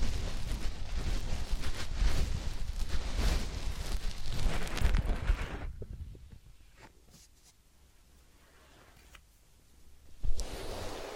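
Dense rubbing and scratching of an ear massage for about five seconds, then near quiet with faint taps, before a sharp bump near ten seconds.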